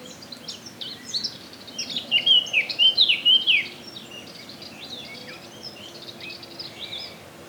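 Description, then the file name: Eurasian blackcap song: a brief burst of rich, fast warbled notes lasting about one and a half seconds, followed by faint scattered high chirps. "Sylvia atricapilla"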